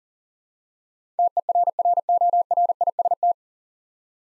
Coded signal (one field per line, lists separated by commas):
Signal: Morse code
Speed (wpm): 40 wpm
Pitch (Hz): 700 Hz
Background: none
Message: TERRORIST